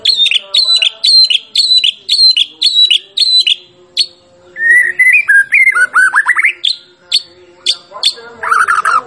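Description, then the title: White-rumped shama singing repeated sharp whistled notes about twice a second, then a rising series of quick slurred phrases and more clipped notes. Champion bird; masteran (training) recording. "Masteran Murai Batu Juara"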